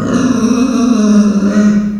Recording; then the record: squeal of a Yucatan mini pig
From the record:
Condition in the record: after surgery on the right vocal fold (resection and tissue-engineered implant); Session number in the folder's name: 9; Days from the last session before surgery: 65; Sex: female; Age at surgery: 19 weeks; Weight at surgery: 25 kg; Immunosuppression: prednisolone